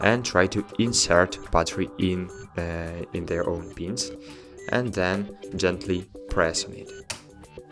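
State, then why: Seated. A battery pack is lined up with its pins on the side of an HP DeskJet 200 portable inkjet printer and pressed gently in the middle into the battery bay while someone talks over background music. The locking mechanism gives a sharp click at 7.1 s, and the battery is seated in place.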